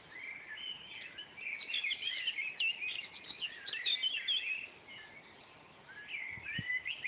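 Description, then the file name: Eurasian blackbird song amid a busy chorus of overlapping warbles and chirps, easing briefly before picking up again near the end, with a short low knock near the end. Several blackbirds, at 5 a.m., June 2011. "merles-5 h-matin-juin-2011"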